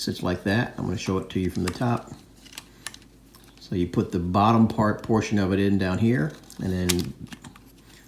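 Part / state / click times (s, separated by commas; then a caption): trimmer blade attachment onto beard trimmer body / seated / 7.6 s. Someone talks while the bottom of a plastic trimmer blade attachment is set onto a beard trimmer body and the top part is pressed down. A single short click at 7.6 seconds marks the blade head locking into place.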